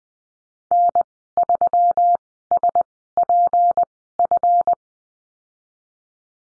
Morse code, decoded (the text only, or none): N 3 S P F